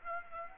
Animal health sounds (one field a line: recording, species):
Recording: mosquito wingbeat signal from an infrared sensor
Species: Aedes aegypti